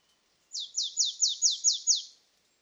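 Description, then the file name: Marsh tit call: a quick run of seven high, sharply falling notes over about one and a half seconds, clean and quiet around it. "Poecile palustris"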